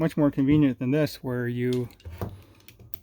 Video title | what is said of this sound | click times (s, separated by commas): Bosch PS21-2A 12v Unboxing and Size Comparison to Ryobi 18v P205G - Big Difference in Size | you know i can't just push it in it doesn't lock you have to pull the collet out | none